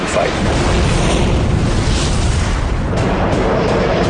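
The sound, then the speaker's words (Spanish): An air-to-air Sidewinder missile launch from a Raptor fighter jet: a loud, steady rushing roar of dense noise that holds for about four seconds, with a few brief brighter surges, and no voices. “El disparo del Sidewinder ha aumentado sus posibilidades, pero un chequeo rápido revela que se encuentra en una posición peligrosa, en medio de los dos Sukhoi que quedan.”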